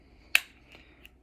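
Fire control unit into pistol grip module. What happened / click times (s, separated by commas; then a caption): A metal insert snapped into its plastic housing / 0.4 s. The fire control unit of a Sig Sauer M18 pistol is worked back into its polymer grip module and, after some fiddling, seats with one sharp, loud snap at 0.4 s. A much fainter tick follows at 1.1 s against a quiet background, and the unit is in place.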